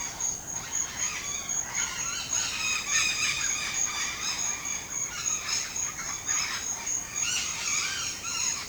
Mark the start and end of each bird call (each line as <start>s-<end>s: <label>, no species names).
0.24s-8.63s: bird call